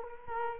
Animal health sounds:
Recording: mosquito wingbeat signal from an infrared sensor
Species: Culex quinquefasciatus

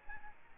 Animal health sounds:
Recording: mosquito wingbeat signal from an infrared sensor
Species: Aedes albopictus

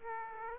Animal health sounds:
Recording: mosquito wingbeat signal from an infrared sensor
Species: Aedes aegypti

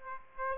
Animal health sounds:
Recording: mosquito wingbeat signal from an infrared sensor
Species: Aedes aegypti

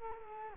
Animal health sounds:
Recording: mosquito wingbeat signal from an infrared sensor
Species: Culex quinquefasciatus

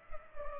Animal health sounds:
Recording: mosquito wingbeat signal from an infrared sensor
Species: Culex pipiens

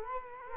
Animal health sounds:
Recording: mosquito wingbeat signal from an infrared sensor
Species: Culex quinquefasciatus

